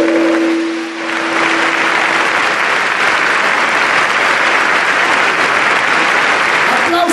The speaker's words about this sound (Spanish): A sus hijos, esos aplausos para sus hijos.